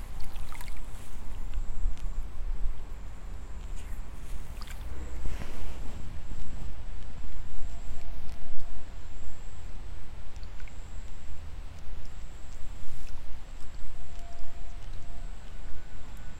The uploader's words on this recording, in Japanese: イネ苗取り ブユのいない気持ち良い夕方。夕方、イネの苗取り。